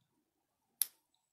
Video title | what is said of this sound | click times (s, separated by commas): Toddler Circle Time March 17th 2020 | gonna put the cap back on my pen so it doesn't dry out let's listen did you hear it click | 0.8 s